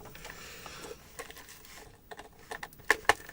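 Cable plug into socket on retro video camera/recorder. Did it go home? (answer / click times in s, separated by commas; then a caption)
yes / 2.9 s, 3.1 s. A cable plug that had been hanging slightly out is pushed back into its socket on a 1980s Ferguson Videostar 3V33 video camera/recorder, a JVC clone, after a bent bit of plastic had been stopping it from clicking. Faint handling rustles and small taps lead up to two sharp clicks at 2.9 s and 3.1 s as the plug seats fully home.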